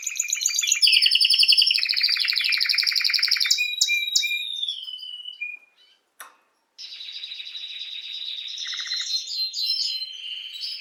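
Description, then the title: Canary song: a long loud rolling trill with layered high notes, fading into slurred whistles, a short gap, then a steady sustained warbling trill. Belgian canary named Raiden, male singing a lot; used to warm up young birds. "Esquente Seu Filhote E Canario Belga Em 30 Minutos Macho Cantando Muito. Canrio Belga RAIDEN Cantando Muito - Esquente seu Canrio Belga"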